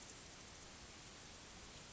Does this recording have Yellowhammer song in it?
no